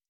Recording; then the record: hydrophone in a shrimp aquaculture tank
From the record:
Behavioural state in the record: stressed